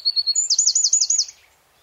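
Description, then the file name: Eurasian wren giving a loud, very high trill: a few sharp notes, then a fast rolling series lasting about a second before stopping abruptly. "Troglodytes troglodytes"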